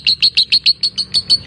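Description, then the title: Lovebird chatter, about ten quick shrill notes in a row, roughly six per second. Fighter lovebird giving a long ngekek (ngekek panjang). "Suara Lovebird FIGHTER NGEKEK PANJANG"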